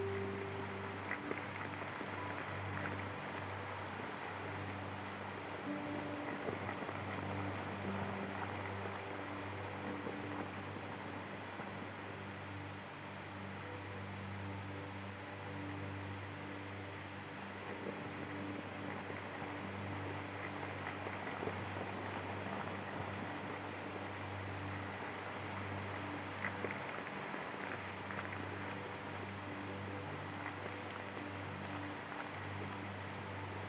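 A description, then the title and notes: Soft vinyl crackle, a scatter of fine ticks and pops, runs over a steady low hum with several sustained droning tones beneath it. The level stays even for the whole half minute, with no clear breaks or swells. Peaceful Soundscape with Vinyl Crackle Sounds. The sound of a crackling record player.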